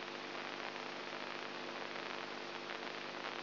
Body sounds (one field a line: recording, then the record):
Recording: brain microelectrode recording played as sound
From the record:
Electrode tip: inside the subthalamic nucleus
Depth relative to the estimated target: -1 mm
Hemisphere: right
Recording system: AlphaMap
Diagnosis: Parkinson's disease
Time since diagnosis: 20 years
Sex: female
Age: 64 years